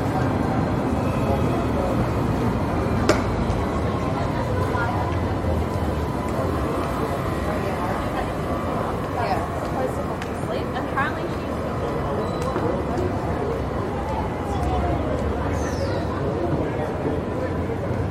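Street noise around Town Hall in central Sydney: a steady, dense wash of traffic rumble and overlapping voices that barely changes level over the whole stretch. A sharp click or knock stands out near the three-second mark, and brief higher chirps and squeaks surface later.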